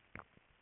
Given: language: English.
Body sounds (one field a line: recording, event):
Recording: throat vibration sensor signal played as sound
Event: swallow